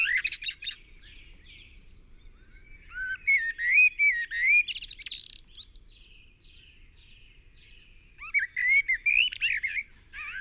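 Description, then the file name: Common blackbird song: melodious fluted phrases with wavering whistles and a high scratchy twitter ending, separated by short pauses. "Turdus merula"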